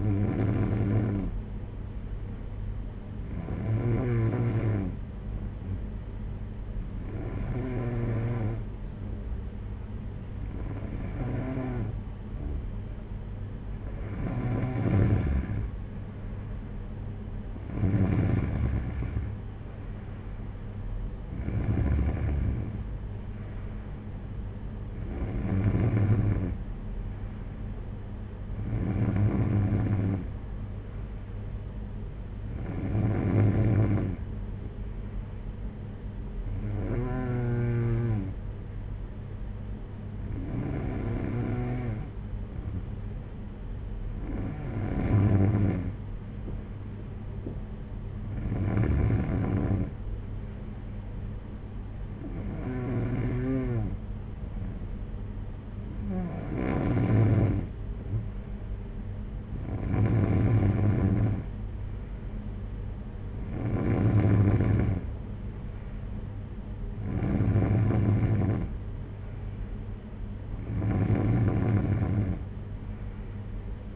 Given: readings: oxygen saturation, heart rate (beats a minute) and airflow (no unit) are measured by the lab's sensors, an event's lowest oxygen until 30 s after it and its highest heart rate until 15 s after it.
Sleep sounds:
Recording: breathing in sleep by a smartphone at the bedside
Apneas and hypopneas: none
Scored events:
none scored
From the record:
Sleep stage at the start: N3 (deep sleep)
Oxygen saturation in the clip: 92 to 94%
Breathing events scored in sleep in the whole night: 226 in 8.8 hours asleep

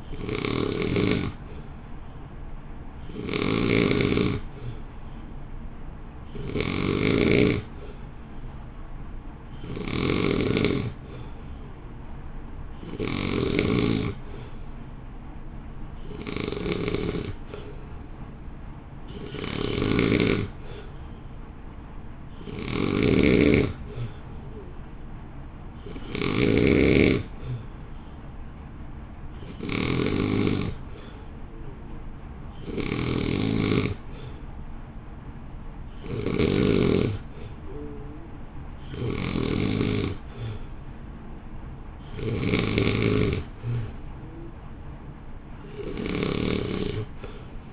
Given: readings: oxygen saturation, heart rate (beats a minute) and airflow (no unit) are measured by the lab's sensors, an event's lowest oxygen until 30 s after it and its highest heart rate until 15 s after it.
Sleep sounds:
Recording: breathing in sleep by a smartphone at the bedside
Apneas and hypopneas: none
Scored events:
none scored
From the record:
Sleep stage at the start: N2 (light sleep)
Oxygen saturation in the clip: 88 to 89%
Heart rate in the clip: 54 to 58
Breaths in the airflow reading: 19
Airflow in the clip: -1.1 to 1.1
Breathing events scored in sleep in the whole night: 328 in 6.3 hours asleep

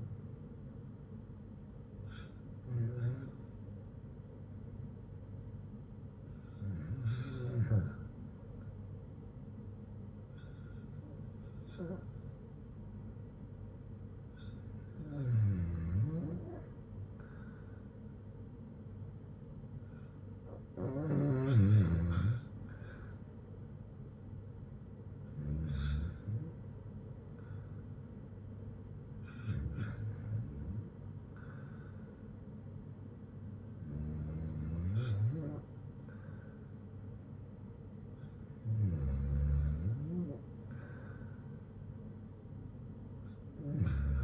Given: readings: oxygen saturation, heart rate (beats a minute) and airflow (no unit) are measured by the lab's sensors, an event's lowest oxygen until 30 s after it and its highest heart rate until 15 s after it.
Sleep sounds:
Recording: breathing in sleep by a smartphone at the bedside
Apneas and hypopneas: 1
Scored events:
3.00-30.80 s: hypopnea (REM, oxygen 96% highest, then 92% lowest, heart rate 63 at the start, 69 highest)
From the record:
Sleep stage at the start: REM sleep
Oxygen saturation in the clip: 91 to 96%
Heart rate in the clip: 61 to 69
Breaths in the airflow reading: 9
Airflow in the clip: -6.2 to 5.1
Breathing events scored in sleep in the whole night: 182 in 7.4 hours asleep

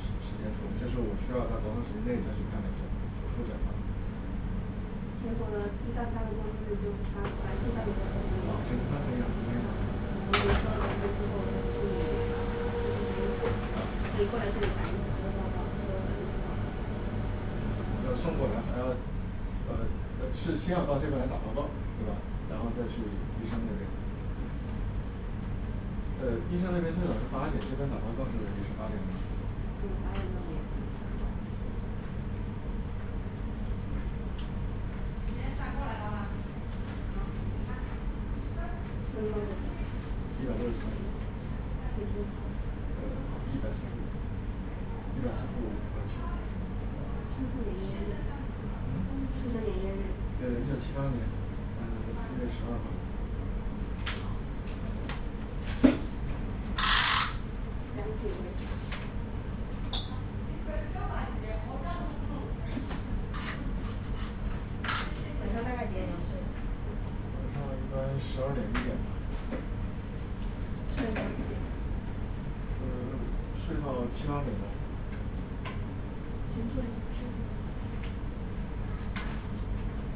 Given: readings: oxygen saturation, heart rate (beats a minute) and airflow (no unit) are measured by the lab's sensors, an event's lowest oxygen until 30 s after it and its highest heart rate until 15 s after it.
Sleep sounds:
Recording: a person awake in a sleep study, by a smartphone at the bedside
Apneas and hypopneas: none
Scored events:
0.00-80.16 s: awake
0.00-80.16 s: awake
From the record:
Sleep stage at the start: awake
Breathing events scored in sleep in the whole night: 210 in 6.9 hours asleep

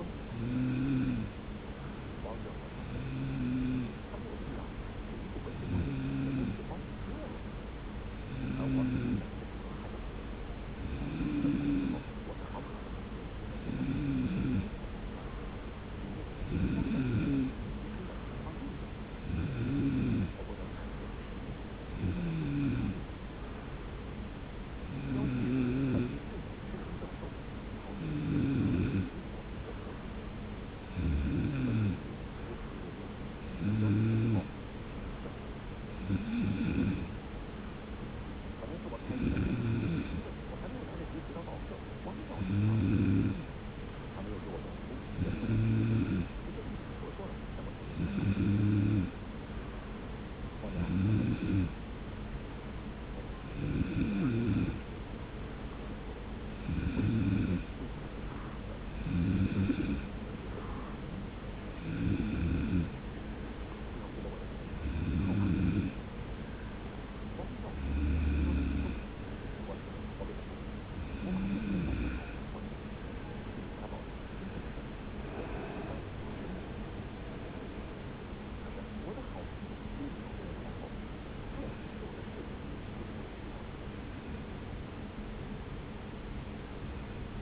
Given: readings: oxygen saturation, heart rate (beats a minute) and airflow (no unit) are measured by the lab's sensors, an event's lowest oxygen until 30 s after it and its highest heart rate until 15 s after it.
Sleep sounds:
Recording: breathing in sleep by a voice recorder at the bedside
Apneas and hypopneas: 2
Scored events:
5.00-24.50 s: hypopnea (N3, oxygen 94% highest, then 93% lowest)
18.00-87.42 s: new sleep stage, N2 (light sleep)
39.00-59.70 s: hypopnea (N2, oxygen 93% highest, then 93% lowest)
From the record:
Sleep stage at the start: N3 (deep sleep)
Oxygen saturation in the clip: 93 to 94%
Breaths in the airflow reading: 31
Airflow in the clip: -2.1 to 4.6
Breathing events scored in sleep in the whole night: 335 in 6.7 hours asleep

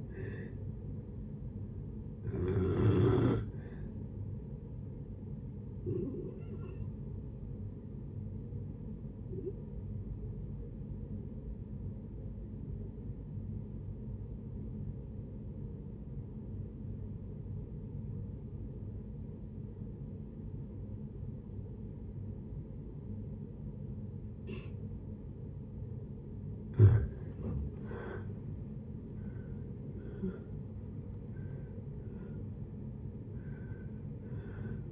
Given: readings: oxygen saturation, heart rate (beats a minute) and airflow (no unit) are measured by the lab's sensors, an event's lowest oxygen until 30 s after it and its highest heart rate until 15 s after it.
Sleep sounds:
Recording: breathing in sleep by a smartphone at the bedside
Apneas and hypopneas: 1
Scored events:
4.00-27.30 s: hypopnea (N2, oxygen 96% highest, then 83% lowest)
From the record:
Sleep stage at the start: N2 (light sleep)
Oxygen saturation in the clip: 83 to 96%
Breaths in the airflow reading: 6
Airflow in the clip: -7.8 to 11.7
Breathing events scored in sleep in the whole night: 496 in 5.4 hours asleep

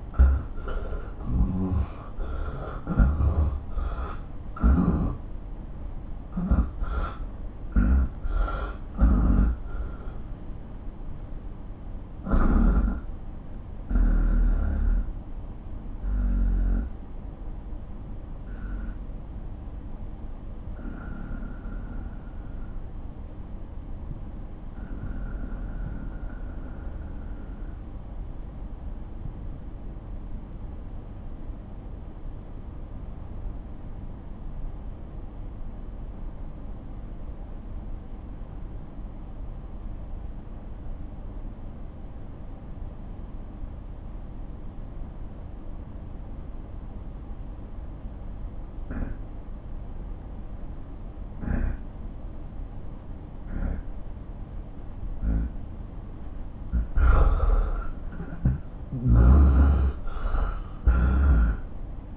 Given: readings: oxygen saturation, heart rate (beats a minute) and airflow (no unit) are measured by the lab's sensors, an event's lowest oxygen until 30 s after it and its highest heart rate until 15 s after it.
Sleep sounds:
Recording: breathing in sleep by a smartphone at the bedside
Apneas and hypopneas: 1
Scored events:
6.00-55.80 s: obstructive apnea (N1, oxygen 95% highest, then 83% lowest)
From the record:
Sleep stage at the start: N1 (lightest sleep)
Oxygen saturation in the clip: 82 to 95%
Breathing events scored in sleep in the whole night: 217 in 6.3 hours asleep

